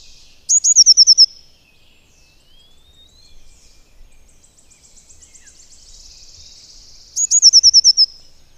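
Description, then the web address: Eurasian blue tit song: high sharp notes leading into a rapid descending trill, repeated after about seven seconds, with a thin rising whistle and faint buzzy twittering between phrases. "agykontroll Madardalok Cd 1. Kék cinege"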